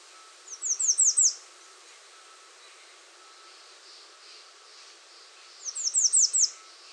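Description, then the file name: American redstart repeating its song twice about five seconds apart, each a rapid series of high downslurred notes rising in loudness, over a faint steady hum. Recorded 21 June 2019. "2019-06-21 American Redstart"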